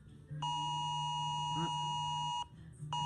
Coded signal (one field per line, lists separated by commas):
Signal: Emergency Alert System (SAME) tones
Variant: 853 and 960 Hz attention tone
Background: speech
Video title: a green reacting to eas alarm from different countries